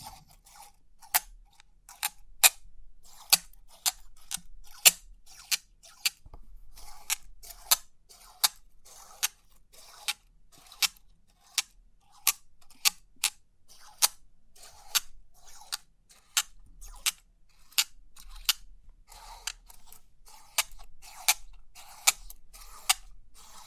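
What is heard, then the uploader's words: Crisp, bright clicks from a 3D pin art toy sound at a fairly steady pace, roughly two each second, for the whole stretch. Between the sharp taps there are soft rustles and faint shuffling, with a low, quiet hum underneath. Crisp 3D Pin Art Tingles(No Talking).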